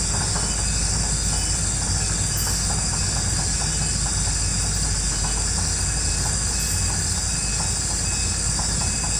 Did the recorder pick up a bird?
no